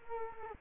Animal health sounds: mosquito wingbeat signal from an infrared sensor; Culex quinquefasciatus

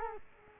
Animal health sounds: mosquito wingbeat signal from an infrared sensor; Culex quinquefasciatus

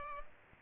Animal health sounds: mosquito wingbeat signal from an infrared sensor; Aedes aegypti

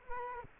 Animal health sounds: mosquito wingbeat signal from an infrared sensor; Culex quinquefasciatus

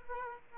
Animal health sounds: mosquito wingbeat signal from an infrared sensor; Aedes aegypti

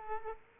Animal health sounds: mosquito wingbeat signal from an infrared sensor; Culex quinquefasciatus

